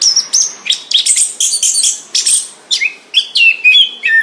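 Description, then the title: Orange-headed thrush song, a brief lively run of high whistles and scratchy notes, ending with lower slurred whistled phrases. Singing vigorously, described as gacor. "Anis Kembang Gacor"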